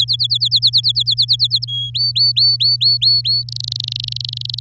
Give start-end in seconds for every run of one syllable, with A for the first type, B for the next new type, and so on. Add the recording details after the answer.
0.00-1.65 A, 1.68-1.90 B, 1.94-3.44 C, 3.48-4.59 D. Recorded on 11 May 2018 at 06:23. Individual llb16